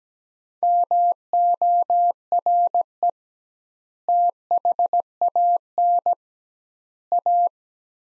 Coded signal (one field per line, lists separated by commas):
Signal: Morse code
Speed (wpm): 17 wpm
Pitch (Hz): 700 Hz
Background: none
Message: MORE THAN A